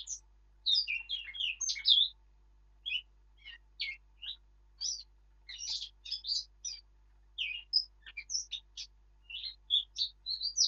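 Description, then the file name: Eurasian blackcap singing a long, rambling warble of rapid chirps and squeaky notes, with only short pauses. "Sylvia atricapilla"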